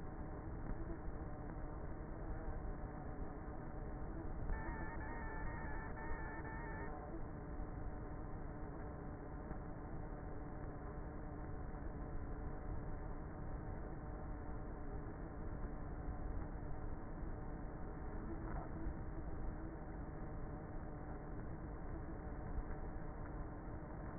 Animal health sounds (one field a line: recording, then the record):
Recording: honeybee colony, microphone inside the hive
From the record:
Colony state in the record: queenless with a low population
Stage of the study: before two queens were removed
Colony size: about 30,000 bees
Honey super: no